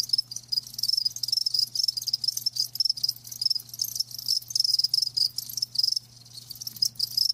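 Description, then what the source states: Crickets give fast, high trilled chirps in quick succession, a near-continuous chorus over a faint steady low hum. Live crickets chirping, a lulling song.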